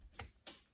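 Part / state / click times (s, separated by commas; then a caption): crimped contact pin into solar cable connector housing / seated / 0.2 s. A crimped contact pin on a solar cable is pushed into a plastic solar connector housing, giving a sharp click at 0.2 s. A softer second tick follows at about 0.5 s. The contact is seated and locked in so it cannot be pulled back off.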